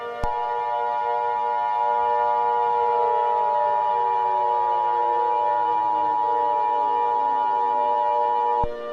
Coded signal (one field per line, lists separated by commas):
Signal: Emergency Alert System (SAME) tones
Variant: 853 and 960 Hz attention tone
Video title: [OLD] EAS Scenario #1: Here Come The Undead!